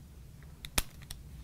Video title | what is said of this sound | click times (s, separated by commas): ConnecTec Cat: Terminations Series, Part 3 - CAT6 Shielded Keystone Jack | the latch into this carrying slot up here so it's latched down in place and not gonna come loose clicks | 0.8 s